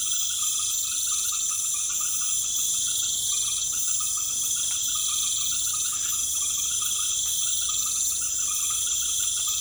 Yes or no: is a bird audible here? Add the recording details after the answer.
no. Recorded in pastures near Puerto Asís, Putumayo, Colombia, on 28 February 2025 at 20:00. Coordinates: 0.505, -76.324. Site GP08